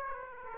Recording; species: mosquito wingbeat signal from an infrared sensor; Aedes aegypti